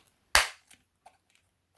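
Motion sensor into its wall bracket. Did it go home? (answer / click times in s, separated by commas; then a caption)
yes / 0.4 s. A plastic KERUI wireless alarm motion sensor body is pushed into its plastic wall mounting bracket after the bracket screws are in. A loud, sharp snap at 0.4 s has a quickly fading tail, followed by a few faint small knocks around 0.7 s and 1.1 s. The sensor is seated in its bracket.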